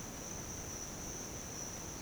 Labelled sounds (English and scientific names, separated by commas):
none